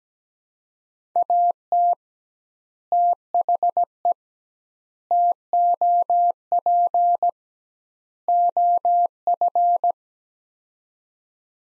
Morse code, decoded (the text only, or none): AT THE TOP OF